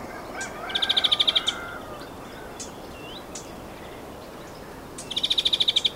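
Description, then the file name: European greenfinch call, a fast rattling trill of bright repeated notes given twice, several seconds apart, with scattered faint chirps over a constant low rushing background. "Chloris chloris"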